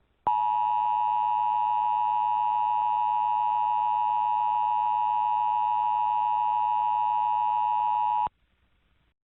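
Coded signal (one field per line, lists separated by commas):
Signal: Emergency Alert System (SAME) tones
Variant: 853 and 960 Hz attention tone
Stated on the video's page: Fictional EAS scenario of a missile attack, not for over-the-air play.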